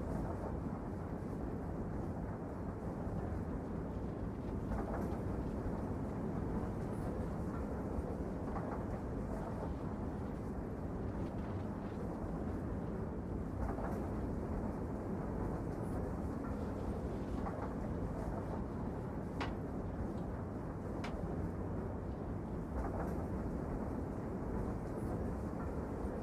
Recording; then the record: background sound without coughing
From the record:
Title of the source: Train Ride Ambience ambient white noise for sleeping, focus, studying, reading